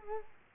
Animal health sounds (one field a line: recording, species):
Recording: mosquito wingbeat signal from an infrared sensor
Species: Culex quinquefasciatus